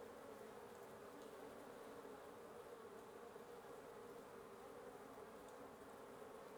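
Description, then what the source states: Constant wasp buzz from many insects, a full, even humming drone lasting throughout. Wasp nest under the roof of the recordist's residence at 1a Avenida Norte 19, Antigua Guatemala, Guatemala; recorded in the morning; headphone listening recommended.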